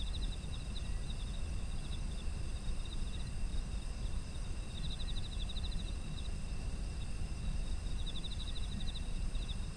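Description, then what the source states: Insects chirping: high pulsed trills at the beginning, around five seconds and near the end, with steady shrill insect humming and low rumble throughout. Autumn insect ambience.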